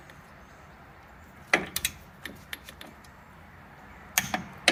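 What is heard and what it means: A 3/8 in. click-type torque wrench set to 45 is pulled on the steel castle nut of a tie rod end on a 1977 Blazer's front steering. A few sharp ratchet strokes sound against quiet background noise, starting around 1.5 s and again near 4.2 s. The wrench breaks over with a crisp click at 4.7 s, confirming the nut reached the set torque.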